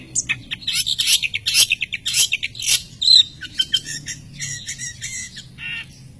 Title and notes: cendet_05. Bermacam macam suara kicauan burung Masteran